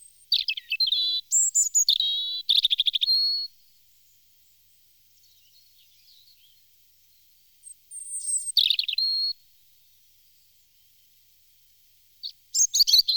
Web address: chants d'oiseaux Jean C Roche - Rouge-gorge